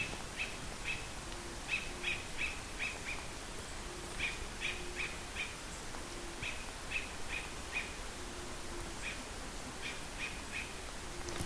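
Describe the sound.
Bird giving short clipped chirps in loose clusters throughout, with a faint low tone now and then and constant noisy background.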